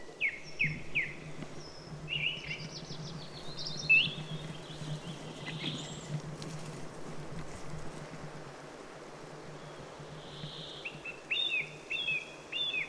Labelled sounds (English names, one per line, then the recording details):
Song Thrush song
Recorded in the wild
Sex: male
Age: adult
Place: Halbinsel Kindo, Karelien, RU
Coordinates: 66.55, 33.1
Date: 1998-06-21 21:06
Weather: clear, 12°C, weak easterly winds
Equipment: Aiwa HD-S1, Telinga Pro 5
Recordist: Frommolt, Karl-Heinz